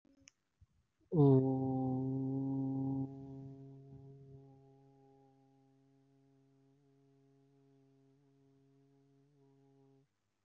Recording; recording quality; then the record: sustained vowel as in boot; excellent, no background noise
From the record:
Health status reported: healthy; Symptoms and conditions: none ticked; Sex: male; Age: 20 years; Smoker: not ticked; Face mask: not worn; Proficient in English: yes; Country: India